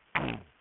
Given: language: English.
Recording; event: throat vibration sensor signal played as sound; throat clearing